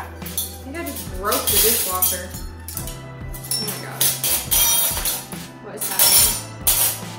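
A dislodged dishwasher part is being handled and pushed back toward its place in the dishwasher, with clinking, clattering knocks over background music while someone talks. The part has not seated or snapped back in yet by the end of the clip.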